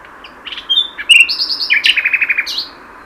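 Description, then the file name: Common nightingale song phrase, a quick mix of whistled notes and slurs with a fast series of repeated chirps near the end. "Luscinia megarhynchos"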